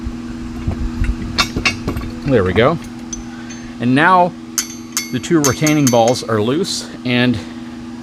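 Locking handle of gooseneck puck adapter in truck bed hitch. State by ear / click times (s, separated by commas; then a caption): not seated / none. Someone talks while handling the metal locking handle of a Gen Y gooseneck puck adapter in a truck bed hitch, with its two retaining balls now loose, over a steady low hum. A few brief sharp knocks come at about 1.0, 1.9 and 3.1 seconds. The handle has not snapped back into place, and nothing has seated yet.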